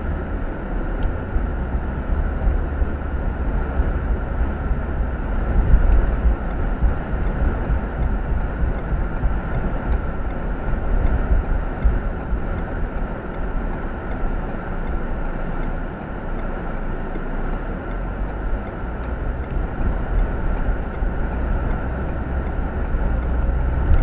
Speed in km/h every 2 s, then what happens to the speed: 37, 44, 44, 42, 37, 26, 16, 5, 10, 18, 24, 31.
0-4 speeds up to 44. 4-14 brakes to 5. 15-24 speeds up to 31.